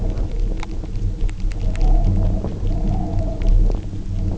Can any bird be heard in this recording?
no